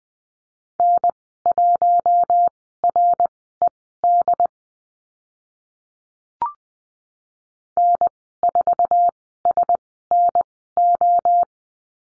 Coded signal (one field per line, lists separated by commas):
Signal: Morse code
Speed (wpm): 20 wpm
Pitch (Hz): 700 Hz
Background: none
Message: N1RED N4SNO